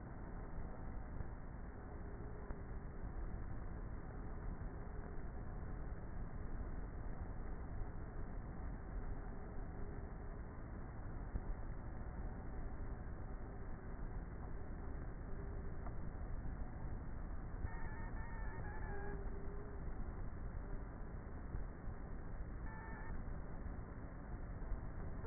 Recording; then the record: honeybee colony, microphone inside the hive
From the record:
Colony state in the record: queenless with a low population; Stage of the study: before two queens were removed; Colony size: about 30,000 bees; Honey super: no